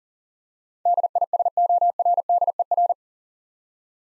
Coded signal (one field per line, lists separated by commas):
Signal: Morse code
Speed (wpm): 40 wpm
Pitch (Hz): 700 Hz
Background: none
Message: DISORDER